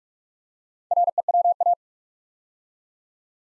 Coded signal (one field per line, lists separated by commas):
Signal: Morse code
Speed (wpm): 44 wpm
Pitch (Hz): 700 Hz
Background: none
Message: REWA